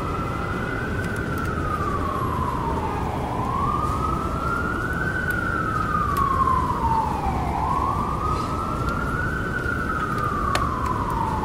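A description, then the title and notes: City rain heard through an open window: a dense, steady hiss and low rumble fill the whole clip. Over it, an emergency siren wails slowly up and down, each rise and fall taking about four seconds, with faint clicks scattered throughout. Sounds in New York City City Rain Open WIndow. Essa vista foi gravada de 27 andares em Manhattan.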